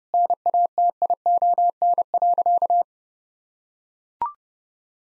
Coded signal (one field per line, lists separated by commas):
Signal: Morse code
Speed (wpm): 30 wpm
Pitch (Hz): 700 Hz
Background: none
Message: NATION.